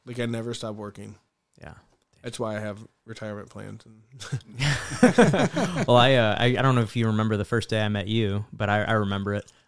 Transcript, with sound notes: Like I never stopped working. Yeah. That's why I have retirement plans. (laughing) Well, I don't know if you remember the first day I met you, but I remember it.